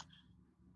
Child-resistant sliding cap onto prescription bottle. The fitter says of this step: and it snaps. That audible assurance to know that it's